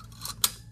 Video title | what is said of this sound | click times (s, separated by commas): How To Use Meat Maximizer | into place until it locks | 0.4 s